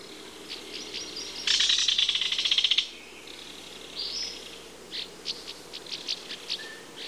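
Belted kingfisher uttering a single harsh, mechanical rattle of just over a second, followed by scattered short chirps and faint high notes.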